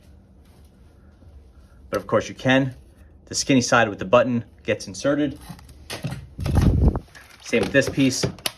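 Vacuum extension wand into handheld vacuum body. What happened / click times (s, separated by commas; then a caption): Handled, not yet home: plastic tube being fitted, no seating click / none. Someone talks while handling the extension wand of a Dyson Micro 1.5kg vacuum, lining its skinny end, the side with the release button, up with the vacuum body's plastic socket. Brief handling bumps and a low rumble are heard around 6.1 to 7.0 seconds. The wand has not seated or clicked into the body yet.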